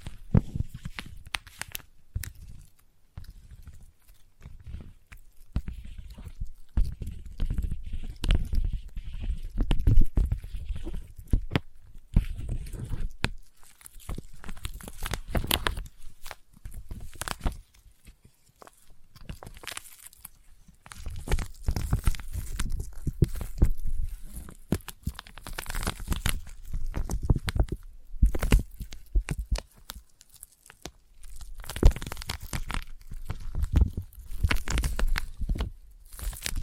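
Sticky tapping and peeling triggers crackle in dense, irregular bursts with tearing, crunchy textures, pausing briefly around seventeen and thirty seconds.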